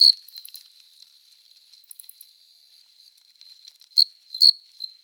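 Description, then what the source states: Cricket song: a faint, steady high trill runs throughout, broken by a few louder chirps at the start and again near the end. Singing cricket, recorded close up.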